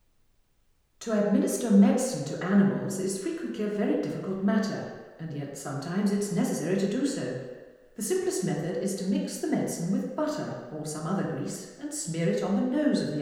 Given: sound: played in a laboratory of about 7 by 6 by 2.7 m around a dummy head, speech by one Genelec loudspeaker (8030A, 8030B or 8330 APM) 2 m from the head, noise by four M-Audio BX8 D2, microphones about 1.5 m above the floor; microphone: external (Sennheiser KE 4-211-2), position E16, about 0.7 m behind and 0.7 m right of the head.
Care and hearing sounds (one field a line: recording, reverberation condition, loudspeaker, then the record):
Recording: female speech in English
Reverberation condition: high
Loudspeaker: 90 degrees to the right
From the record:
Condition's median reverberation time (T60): about 1300 ms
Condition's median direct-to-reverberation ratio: about -4.0 dB